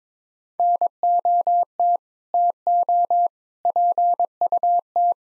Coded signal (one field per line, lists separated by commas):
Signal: Morse code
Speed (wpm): 22 wpm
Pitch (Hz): 700 Hz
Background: none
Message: NOT TO PUT